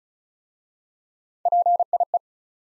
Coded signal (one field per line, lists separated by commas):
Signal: Morse code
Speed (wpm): 36 wpm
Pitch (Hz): 700 Hz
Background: none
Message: PIE